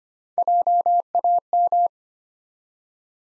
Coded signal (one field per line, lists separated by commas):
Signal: Morse code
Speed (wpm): 25 wpm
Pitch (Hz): 700 Hz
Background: none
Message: JAM